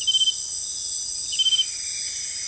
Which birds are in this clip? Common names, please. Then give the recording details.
Straight-billed Woodcreeper. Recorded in dense forest near Puerto Asís, Putumayo, Colombia, on 21 February 2024 at 18:30. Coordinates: 0.500, -76.322. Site G6465